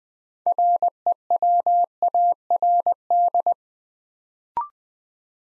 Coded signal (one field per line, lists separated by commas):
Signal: Morse code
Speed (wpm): 20 wpm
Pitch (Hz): 700 Hz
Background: none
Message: REWARD